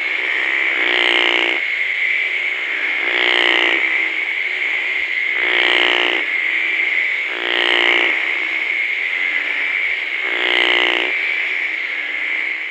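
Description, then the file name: Surinam golden-eyed treefrog calls: loud, harsh, rasping croaks about a second long, repeated roughly every two and a half seconds, over a steady high background tone. "Phrynohyas coriaceus"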